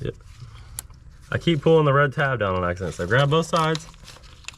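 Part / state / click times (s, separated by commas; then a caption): fuel injector connector onto injector / seated / 4.5 s. A plastic fuel injector connector is pushed down by both sides onto a fuel injector on a 2012 Chrysler 300 with the 3.6L V6 Pentastar engine. Someone talks, then a sharp click at 4.5 s confirms the connector has seated.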